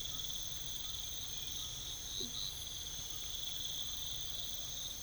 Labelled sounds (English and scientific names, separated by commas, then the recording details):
none
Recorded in pastures near Puerto Asís, Putumayo, Colombia, on 21 December 2024 at 05:00
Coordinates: 0.486, -76.323
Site GP01